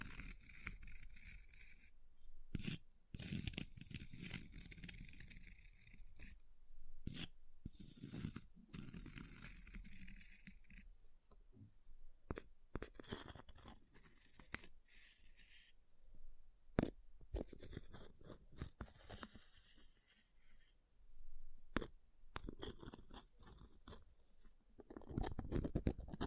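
Ice is tapped, scratched and carved in a busy, uneven stream of sharp scrapes and clicks that runs the full length. Bright, hissing scratches alternate with low thumps and rubbing, broken by frequent short silences and a few louder knocks near the end.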